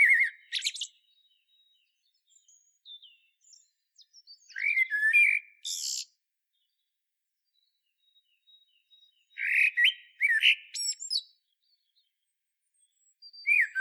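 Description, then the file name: Common blackbird song: fluting low phrases with sharp high chattering endings, repeated several times with long gaps between them. "Turdus merula"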